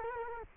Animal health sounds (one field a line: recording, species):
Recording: mosquito wingbeat signal from an infrared sensor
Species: Culex quinquefasciatus